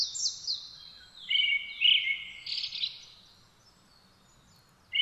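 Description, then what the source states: Brown-headed thrush song, a run of high whistled and slurred notes over the first three seconds, then quiet before a new note begins at the end. 17 June 2009 at 06:48.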